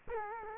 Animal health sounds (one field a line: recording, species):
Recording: mosquito wingbeat signal from an infrared sensor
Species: Culex quinquefasciatus